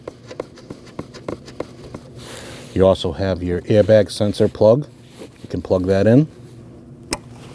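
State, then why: Seated. An airbag sensor plug under the seat area of a 2014–2023 Jeep Cherokee is pushed into its mating wiring harness connector. Several light ticks come early, and someone talks in the middle. The plug seats with a single sharp click at 7.1 s.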